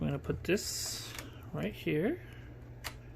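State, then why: Not seated. Someone talks while handling a plastic holder piece and bringing it to the storage stand of an Aposen stick vacuum, Model H120. There are light handling noises and a brief sharp sound near 2.9 s. Nothing has seated or clicked yet.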